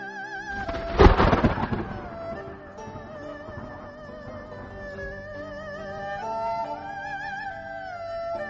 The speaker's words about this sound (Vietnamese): Tiếng sấm truyền đến, mưa to ào ào rơi xuống đất, sắc trời cũng hoàn toàn tối đen.